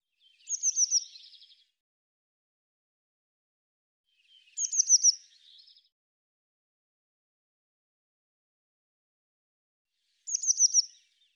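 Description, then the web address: Eurasian blue tit calling: three short bursts of very high, rapid, descending notes, each trailing into a softer buzzy rattle, spaced about every four to six seconds, with silence between. "Deverinetal"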